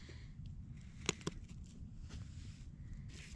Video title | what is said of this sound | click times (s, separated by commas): How to catch a SKUNK I mean Coyotes!!! | It just clicked. | 1.1 s